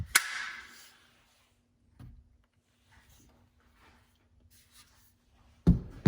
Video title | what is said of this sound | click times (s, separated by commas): Keltec Sub2000 Gen2 overview | and then it folds out and then locks into place | 0.2 s